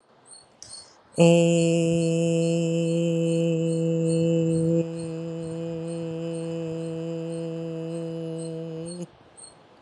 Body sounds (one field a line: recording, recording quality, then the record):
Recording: sustained vowel as in made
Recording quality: excellent, no background noise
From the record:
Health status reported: healthy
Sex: female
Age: 47 years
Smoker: no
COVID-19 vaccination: both doses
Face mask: not worn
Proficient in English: yes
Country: India